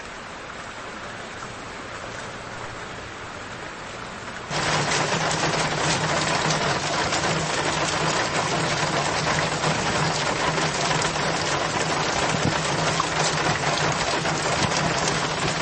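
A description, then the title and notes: Rain falls as a steady, dense hiss. At about four and a half seconds it abruptly grows louder and brighter, and a low hum joins underneath, holding level to the end alongside the constant patter. RAINING (NATURAL SOUND).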